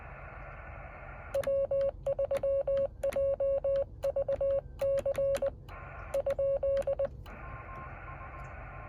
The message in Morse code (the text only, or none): W3JVC ?